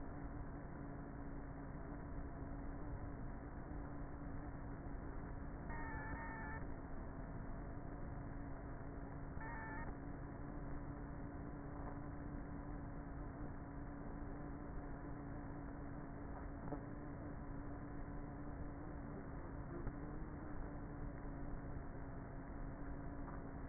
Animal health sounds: honeybee colony, microphone inside the hive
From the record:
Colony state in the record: queenless with a low population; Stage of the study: before two queens were removed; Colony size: about 30,000 bees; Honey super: no

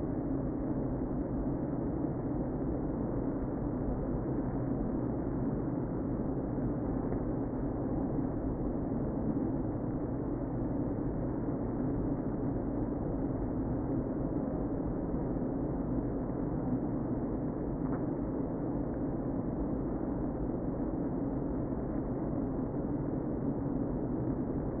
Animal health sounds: honeybee colony, microphone inside the hive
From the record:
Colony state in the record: queen present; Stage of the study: before two queens were removed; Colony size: about 60,000 bees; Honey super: yes

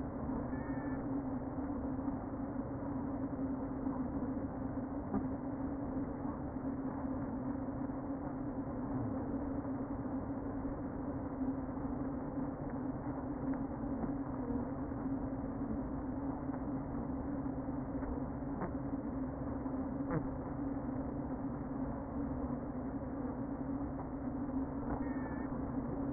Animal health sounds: honeybee colony, microphone inside the hive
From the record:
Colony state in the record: queen present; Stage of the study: before two queens were removed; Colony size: about 60,000 bees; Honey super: yes

